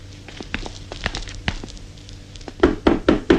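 household object, knocking on a door

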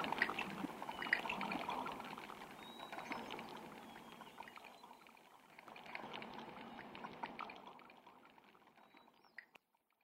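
nature, water sounds

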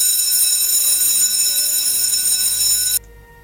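signal or alarm, school bell ringing

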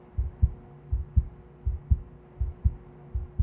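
sound effect, heartbeat pounding

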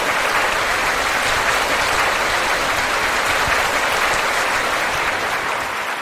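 crowd, audience applause

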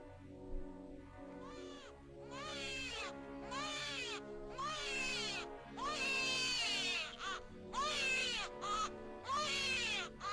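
human body sound, newborn baby crying

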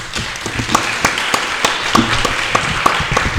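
crowd, audience applause

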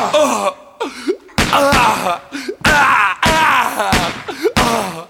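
sound effect, gunshot sound effect

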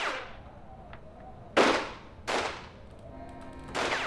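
sound effect, gunshots

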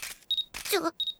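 machine, camera shutter click

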